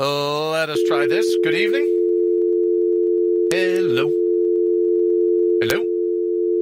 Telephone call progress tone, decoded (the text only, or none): dial tone